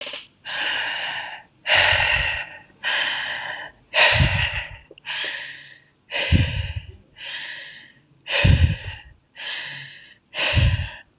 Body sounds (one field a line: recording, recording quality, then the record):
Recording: deep breathing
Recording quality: excellent, no background noise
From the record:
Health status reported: healthy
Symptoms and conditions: none ticked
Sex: male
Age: 18 years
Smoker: not ticked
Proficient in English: yes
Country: India